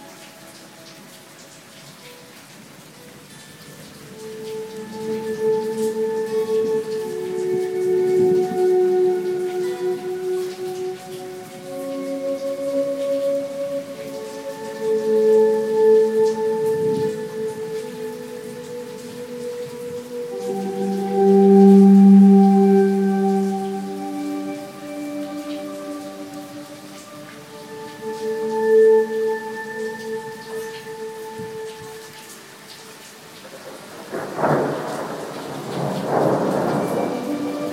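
Slow guitar swells fade in and hold as long, ringing low and middle notes, overlapping one after another with a soft hiss of rain beneath. Near the end, around 34 seconds, a rougher rumbling burst of thunder rises under the sustained tones.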